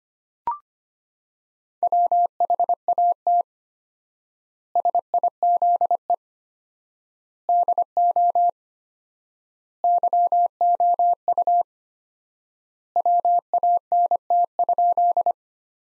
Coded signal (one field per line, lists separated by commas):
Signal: Morse code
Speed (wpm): 25 wpm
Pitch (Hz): 700 Hz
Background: none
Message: WHAT SIZE DO YOU WANT?